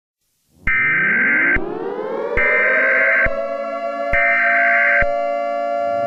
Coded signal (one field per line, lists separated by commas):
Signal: Emergency Alert System (SAME) tones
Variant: header bursts